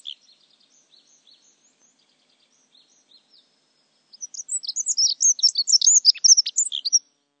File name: prunella modularis